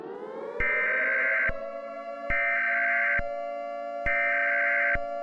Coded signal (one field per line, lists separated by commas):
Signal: Emergency Alert System (SAME) tones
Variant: header bursts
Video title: EAS Scenario - global stalking